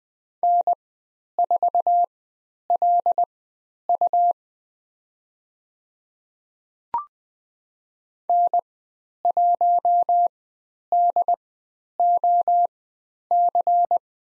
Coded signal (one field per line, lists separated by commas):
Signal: Morse code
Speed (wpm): 20 wpm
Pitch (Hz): 700 Hz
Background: none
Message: N4LU N1DOC